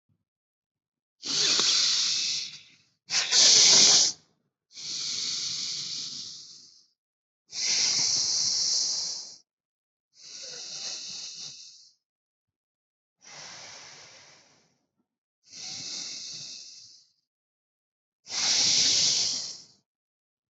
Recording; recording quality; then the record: deep breathing; excellent, no background noise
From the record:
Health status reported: healthy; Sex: male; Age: 35 years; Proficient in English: yes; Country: India